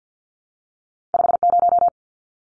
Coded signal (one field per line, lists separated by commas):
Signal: Morse code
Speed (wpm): 50 wpm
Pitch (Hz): 700 Hz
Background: none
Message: 50